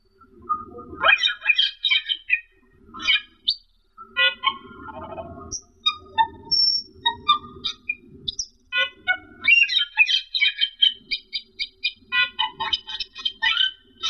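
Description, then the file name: Camperling song: a long varied medley of chattering phrases, sharp chips and short whistles, with intermittent low rumble. Masteran song, used as a training recording to teach songbirds to sing. "camperling omkicau"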